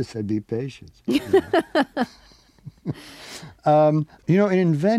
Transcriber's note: laughter